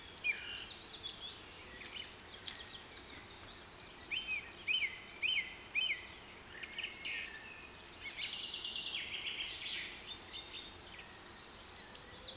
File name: KPR Sounds - Rain Forest Bird Sounds